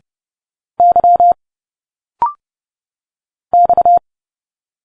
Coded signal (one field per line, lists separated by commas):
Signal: Morse code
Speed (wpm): 30 wpm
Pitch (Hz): 700 Hz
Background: none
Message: Y X